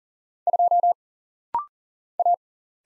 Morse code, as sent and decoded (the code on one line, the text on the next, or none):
..--- / .-
2 A